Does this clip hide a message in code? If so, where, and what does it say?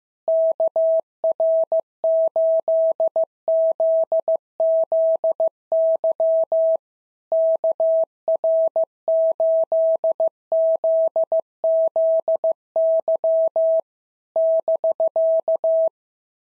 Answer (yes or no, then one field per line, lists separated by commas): yes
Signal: Morse code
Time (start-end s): 0.3-15.9 s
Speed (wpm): 15 wpm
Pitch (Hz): 650 Hz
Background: none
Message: KR8ZZY KR8ZZY <BK>